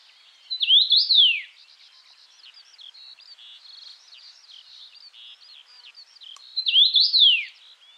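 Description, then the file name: Common rosefinch: two loud fluty phrases of quick rising and falling whistles, six seconds apart, over a busy chorus of twittering and trilling birds. "Louis A Hansen - Obyknovennaya chechevica Carpodacus erythrinus"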